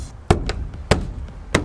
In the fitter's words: then you kind of push it right there and then give it a hit not too hard you'll hear like lots of little clicks as all the clips go in and